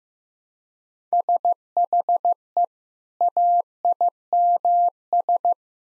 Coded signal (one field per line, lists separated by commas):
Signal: Morse code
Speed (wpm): 15 wpm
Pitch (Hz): 700 Hz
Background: none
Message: SHE AIMS